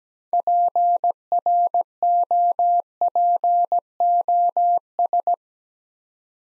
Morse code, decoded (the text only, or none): PROPOS